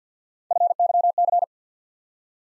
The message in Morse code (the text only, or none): FYC